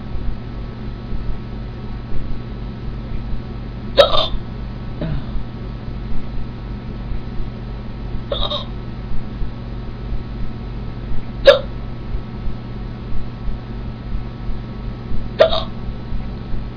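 Four sharp, brief 'hic' sounds at an uneven spacing of roughly three to four seconds, about 15 a minute, over a steady low background hum, in an adult after drinking sparkling water. These are ongoing hiccups: repeated sudden diaphragm spasms with abrupt closure of the vocal cords.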